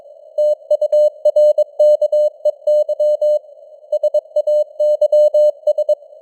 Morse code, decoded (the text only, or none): TURKEY SAYS